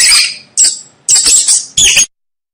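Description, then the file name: Mouse giving a few sharp, strained high squeaks in quick succession, then silence. Mouse squeaking to help a baby fall asleep. "Tieng chuot keu cho be ngu"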